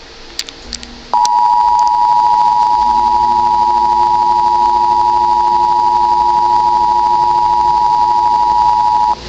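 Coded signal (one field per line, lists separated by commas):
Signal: Emergency Alert System (SAME) tones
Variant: 853 and 960 Hz attention tone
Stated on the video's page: Virtual (simulated) EAS Tornado Warning for Kane County, Illinois.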